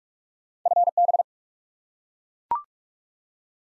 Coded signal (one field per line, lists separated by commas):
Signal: Morse code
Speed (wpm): 41 wpm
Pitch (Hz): 700 Hz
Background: none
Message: FB